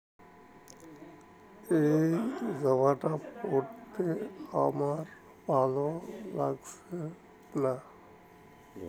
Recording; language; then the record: elicited speech; Bengali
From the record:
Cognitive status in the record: dementia